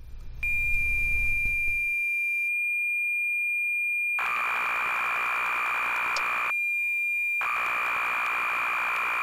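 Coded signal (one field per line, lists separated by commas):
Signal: computer data on cassette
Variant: BBC Micro (Acorn CFS)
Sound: steady high lead tone, then harsh buzzing data bursts separated by brief tone gaps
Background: low hum at start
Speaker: if we listen to the tape signal generation on an unpatched version of BM it sounds like this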